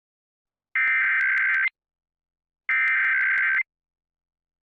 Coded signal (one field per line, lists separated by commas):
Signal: Emergency Alert System (SAME) tones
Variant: header bursts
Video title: All my EAS recordings